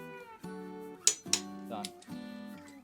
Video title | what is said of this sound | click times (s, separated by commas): Kawasaki ninja Versys er6f er6n Brake pads and discs replacement | Right, now we torque them. Turn it till it clicks. | 1.1 s, 1.3 s